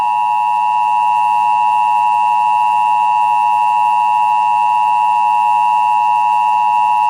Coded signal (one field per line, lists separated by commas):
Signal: Emergency Alert System (SAME) tones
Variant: 853 and 960 Hz attention tone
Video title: (VALID TONES) EAS Recreation Mock - "Put Your Car in Your Garage and Take Shelter" (10/29/2000)